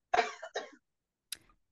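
Two quick, harsh cough bursts follow each other, then a fainter, sharper third cough about half a second later. They come from a woman coughing downstairs, and they sound muffled and distant. These are ordinary, isolated coughs in a quiet home.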